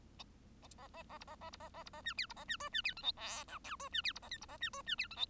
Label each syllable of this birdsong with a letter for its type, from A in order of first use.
A A A B A A B A A B A C D B A C E C D F G H I J E C D B A K B A C E C D F G